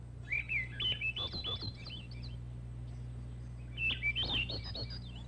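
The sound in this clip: Olive-backed thrush song: two breathy, fluting phrases that spiral upward. A steady low hum runs underneath throughout.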